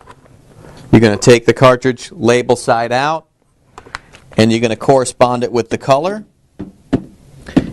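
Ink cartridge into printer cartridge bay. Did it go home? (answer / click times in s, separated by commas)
yes / 6.9 s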